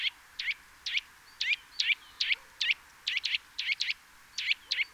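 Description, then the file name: Eurasian nuthatch giving loud, sharp repeated calls, single and paired notes spaced irregularly about every half second, steady and emphatic throughout. "Sitta europaea"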